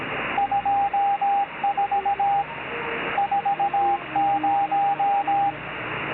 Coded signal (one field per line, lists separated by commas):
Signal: Morse code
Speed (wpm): 17 wpm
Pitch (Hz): 800 Hz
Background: radio noise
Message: 24 40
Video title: Capturing CW from WebSDR and using auto translator for Morse Code to text. Links in Desc.